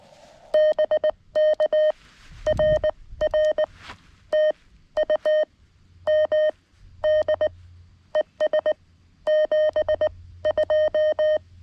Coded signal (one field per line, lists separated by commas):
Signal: Morse code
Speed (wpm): 19 wpm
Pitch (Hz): 620 Hz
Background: none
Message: BK RR TU MD ES 72